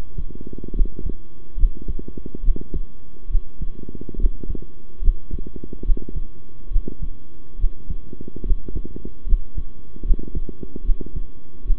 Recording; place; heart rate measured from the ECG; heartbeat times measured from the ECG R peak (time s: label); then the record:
heart sounds by stethoscope; between the tricuspid and mitral areas; 72 bpm
0.74 s: heartbeat
1.57 s: heartbeat
2.42 s: heartbeat
3.29 s: heartbeat
4.18 s: heartbeat
5.01 s: heartbeat
5.84 s: heartbeat
6.70 s: heartbeat
7.58 s: heartbeat
8.44 s: heartbeat
9.26 s: heartbeat
10.04 s: heartbeat
10.83 s: heartbeat
11.64 s: heartbeat
From the record:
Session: rest, sitting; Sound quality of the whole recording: good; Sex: male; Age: 23 years